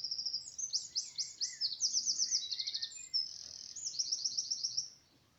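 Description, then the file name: Eurasian wren song, a long shrill cascade of rapid trills and sharp repeated notes lasting about five seconds. "Troglodytes troglodytes"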